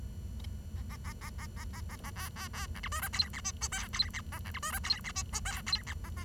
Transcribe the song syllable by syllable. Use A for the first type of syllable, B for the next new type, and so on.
A A A A A A A A A B B B C D E F G H I J K G H A C D E F G H I J K G H A A